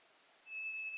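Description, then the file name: White's thrush song: a pure, even, high whistle that begins midway and holds steady to the end, with quiet hiss behind. Recorded 2 July 2007. "toratugumi 20070702"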